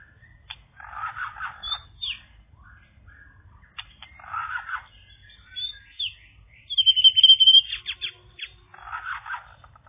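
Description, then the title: Bird song of rapid chattering and scratchy warbles, broken by clicks, with a bright, fast trilled whistle later in the passage. "kikicau"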